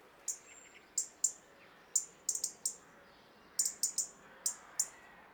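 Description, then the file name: European robin ticking repeatedly, single and paired sharp notes, over a faint hiss. "Erithacus rubecula"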